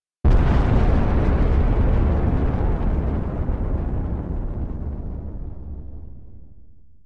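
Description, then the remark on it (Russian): A massive explosion of a planet, its crust split by blazing cracks, bursts in suddenly, then rolls on as a deep, roaring rumble that slowly fades over several seconds. No voices are heard. “А после — взрыв.”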